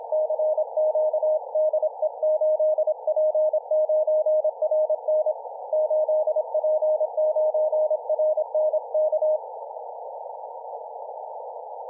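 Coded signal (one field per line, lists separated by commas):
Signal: Morse code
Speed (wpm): 25 wpm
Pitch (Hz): 620 Hz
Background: none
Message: CQ DE 8P9RN 8P9RN K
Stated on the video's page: CW received in Denmark on 17 meters with Airspy HF+ and Gqrx.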